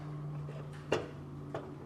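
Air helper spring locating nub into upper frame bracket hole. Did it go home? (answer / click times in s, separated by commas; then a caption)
yes / 0.9 s. On a 2025 Chevrolet Silverado 3500, the top of a Firestone Ride-Rite air helper spring is nudged under the truck frame until its protruding locating nub drops into the middle hole of the metal upper frame bracket. A sharp click lands at 0.9 s, followed by a softer knock at 1.6 s over a steady low hum. The nub is seated in the middle hole.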